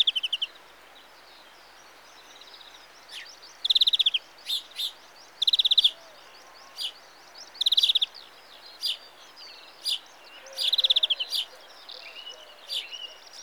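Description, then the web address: European greenfinch giving short rapid trills, in bursts about a second apart. "The BBC Sound Effects Library. Greenfinch (Carduelis Chloris)"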